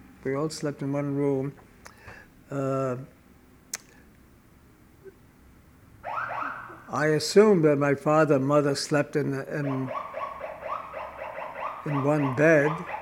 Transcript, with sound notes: We all slept in one room. (a siren goes off outside) I assumed that my father and mother slept in one bed,